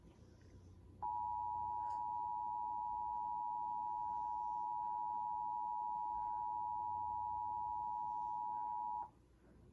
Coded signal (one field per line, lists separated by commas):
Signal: Emergency Alert System (SAME) tones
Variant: 853 and 960 Hz attention tone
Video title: EAS test (6/18/20)